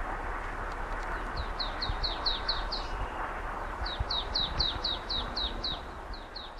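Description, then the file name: Marsh tit giving quick series of bright, down-slurred chips: one run, then another after a pause, then a few more at the end, with low background hum. "Poecile palustris"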